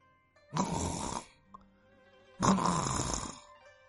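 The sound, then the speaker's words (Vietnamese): Two slow snores from a man who has fallen into a deep sleep, each a broad, breathy rasp lasting about a second with a gap of quiet breathing between them, moderately soft and with no talking. “Tiếng ngáy khẽ vang lên.”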